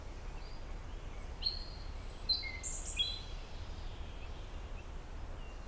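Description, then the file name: European robin song: a brief burst of short, high, thin whistled notes, then quiet, over a constant low background rumble. "Erithacus rubecula"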